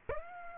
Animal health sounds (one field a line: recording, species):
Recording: mosquito wingbeat signal from an infrared sensor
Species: Aedes aegypti